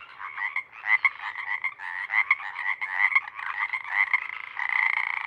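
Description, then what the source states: Pacific Chorus Frog chorus: a steady wall of rasping croaks from many frogs. Full chorus of a single pod, roaring as a deafening wall for hours until night air cools; recorded night of April 21–22, 2019, Sinlahekin Valley.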